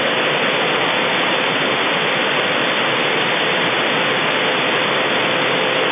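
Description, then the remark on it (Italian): Wind picking up again in Sassari, whistling: a steady, even rush of airy hiss that holds for the whole stretch, with a faint thin tone running through it. Nobody speaks. “Comunque il vento sta riprendendo, mi accorgo perché i fischi aumentano, probabilmente se mi sto zitto li senti anche tu.”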